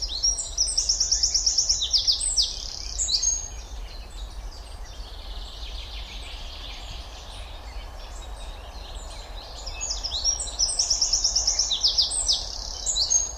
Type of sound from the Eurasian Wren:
song